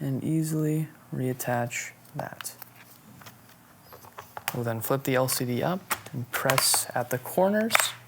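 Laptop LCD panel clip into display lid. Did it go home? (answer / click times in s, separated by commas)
no / none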